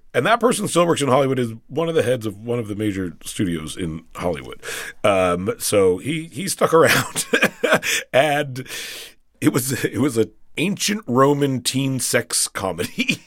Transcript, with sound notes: And that person still works in Hollywood - is one of the heads of one of the major studios in Hollywood. So he stuck around (laughter). And it was an ancient Roman teen sex comedy